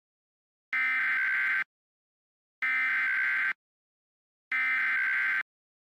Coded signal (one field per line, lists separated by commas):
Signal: Emergency Alert System (SAME) tones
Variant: header bursts